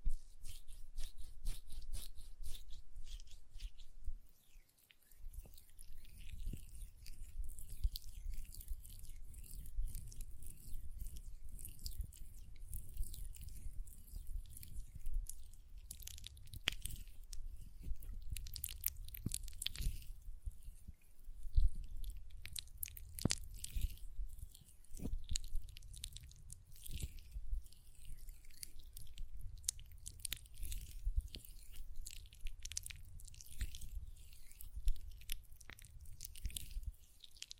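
Hand sounds with lotion: a dense run of wet, squishy rubbing and sticky crackles that goes on almost without pause. Sharp little clicks and snaps stand out now and then over a soft low rumble, with a brief quieter gap near five seconds.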